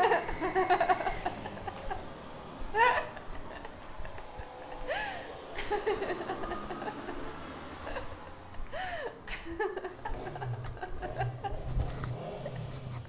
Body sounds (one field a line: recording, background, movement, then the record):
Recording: laughter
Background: traffic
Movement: walking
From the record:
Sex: female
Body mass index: 18.3 kg/m2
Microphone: on the chest, facing outward